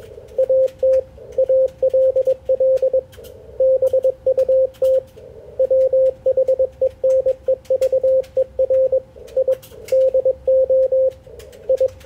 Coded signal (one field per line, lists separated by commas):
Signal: Morse code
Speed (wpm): 21 wpm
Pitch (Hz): 520 Hz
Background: radio noise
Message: AT ALL BUT WHENEVER I DO I